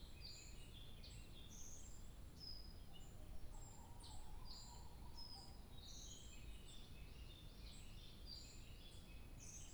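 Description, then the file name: Birds singing in a busy chorus, with many short high chirps and trills overlapping throughout, a lower whistled phrase near the middle, and steady low rumble underneath. 2 July 2023. "birdsong 20230702"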